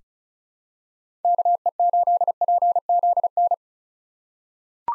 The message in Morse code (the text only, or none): KE8PZN